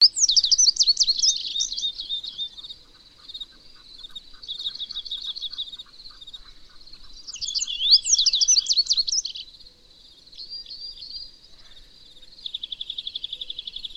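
Bird song of rapid, high twittering phrases with sweeping notes and buzzy trills, separated by short pauses.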